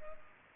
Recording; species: mosquito wingbeat signal from an infrared sensor; Culex pipiens